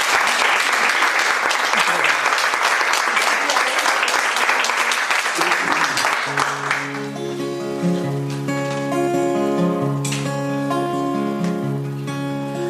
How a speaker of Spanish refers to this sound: Así que pido un aplauso para ella muy grande.